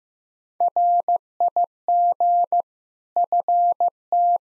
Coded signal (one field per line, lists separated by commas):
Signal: Morse code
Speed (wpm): 15 wpm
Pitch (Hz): 700 Hz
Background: none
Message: RIG FT